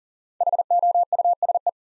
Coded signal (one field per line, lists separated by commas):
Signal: Morse code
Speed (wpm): 42 wpm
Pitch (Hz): 700 Hz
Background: none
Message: HOUSE